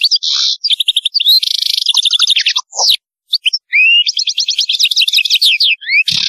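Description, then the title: European goldfinch in full song: buzzy wheezes alternating with rapid rattling trills and bright, liquid twitters, almost without a break. "Chant Chardonneret"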